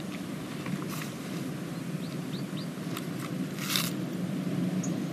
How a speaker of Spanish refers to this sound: Y las hojas de mi cuaderno volar con el viento.